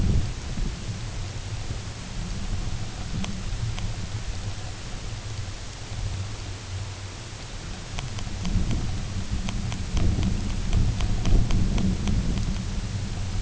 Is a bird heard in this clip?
no